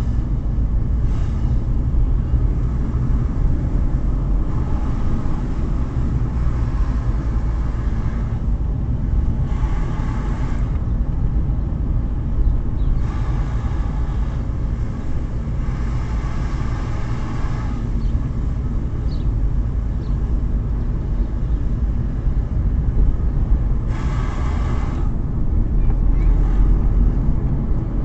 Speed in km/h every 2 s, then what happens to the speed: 29, 31, 26, 26, 27, 26, 27, 26, 26, 25, 26, 27, 32, 35.
0-19 steady at about 26. 19-28 speeds up to 35.